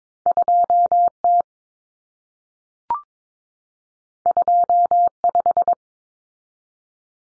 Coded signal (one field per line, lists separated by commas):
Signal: Morse code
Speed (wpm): 22 wpm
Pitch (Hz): 700 Hz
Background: none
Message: 2T 25